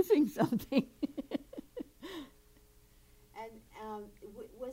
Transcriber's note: laughs